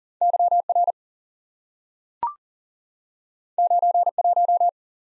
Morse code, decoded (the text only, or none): YR 91